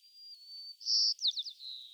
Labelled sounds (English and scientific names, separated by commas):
White-crowned Sparrow (Zonotrichia leucophrys) song